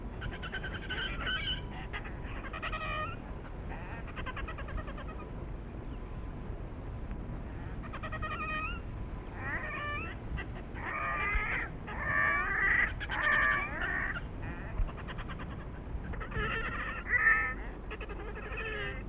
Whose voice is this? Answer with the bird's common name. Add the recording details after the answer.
Red-necked Grebe. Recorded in the wild. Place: Fehmarn, DE. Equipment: Halbspur, 9,5 cm/s. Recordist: Lütgens, Hans